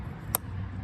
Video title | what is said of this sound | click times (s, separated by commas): DIY Coil Pack Replacement for 6.1 Hemi Engines | clip it back in place you'll hear it click and lock in place | 0.4 s